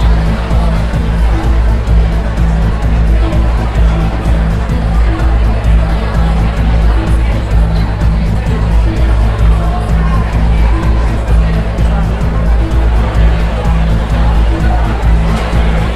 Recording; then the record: background sound without coughing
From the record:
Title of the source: Party Noise 1 Hour Party Ambience